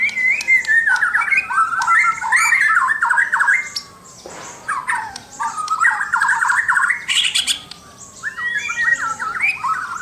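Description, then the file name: White-rumped shama song in bursts of quick whistled and warbled phrases, with a short pause and a noisy burst midway before the song resumes. "suara murai batu mahkota"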